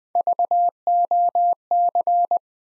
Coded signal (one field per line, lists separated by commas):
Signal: Morse code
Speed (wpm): 20 wpm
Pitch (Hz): 700 Hz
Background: none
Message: VOC